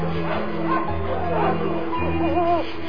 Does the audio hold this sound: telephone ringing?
no